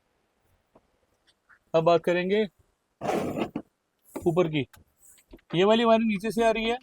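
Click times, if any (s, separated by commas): none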